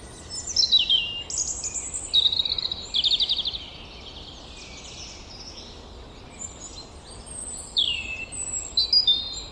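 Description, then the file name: European robin delivering several bursts of high, varied notes, some trilled and some descending, with a longer quiet stretch in the middle and low hiss throughout. "Erithacus rubecula"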